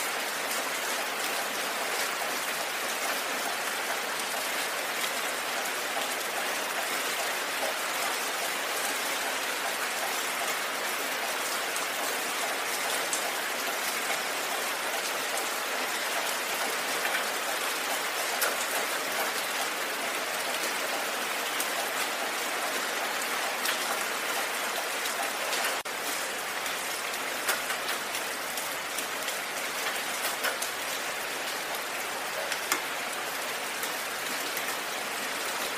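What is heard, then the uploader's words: Steady rain falls throughout, a dense, even hiss of countless raindrops with little change in level from start to end. The sound sits mostly in the mid and upper range, with scattered brighter ticks of individual drops and almost no low rumble beneath. Calming rain sounds. The gentle raindrops.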